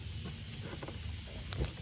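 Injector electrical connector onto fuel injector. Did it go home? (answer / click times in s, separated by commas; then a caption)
no / none. An electrical connector is handled near a diesel fuel injector on a 1.5 dCi K9K engine during injector replacement, with quiet rustling and a low background rumble plus a brief faint tap around 1.5 s. The connector has not clicked in or seated yet.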